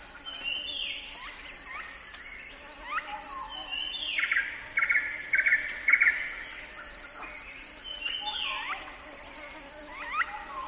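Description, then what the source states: Insects buzz in steady high tones beneath frequent sweeping chirps and a few rapid pulsed bursts from other callers. In a swamp.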